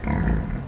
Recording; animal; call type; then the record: contact call of a hoofed animal; wild boar; grunt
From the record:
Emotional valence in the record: negative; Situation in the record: naturally occurring agonistic interactions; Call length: 0.68 s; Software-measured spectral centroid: 1150 Hz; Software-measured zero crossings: 680 a second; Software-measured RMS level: -24 dBFS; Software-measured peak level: -11 dBFS